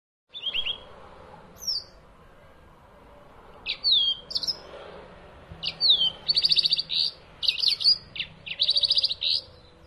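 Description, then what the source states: Long-tailed shrike song, a varied series of sharp chirps, quick whistled slurs and rapid buzzy trills in scattered bursts, growing denser toward the end. Combination song (kombinasi).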